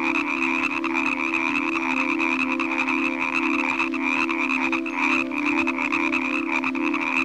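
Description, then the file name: Frog chorus of dense, continuous croaking, many callers overlapping without pause. Evening frog sounds. "Relaxing Nature Sounds Collection - Evening with Frog Music"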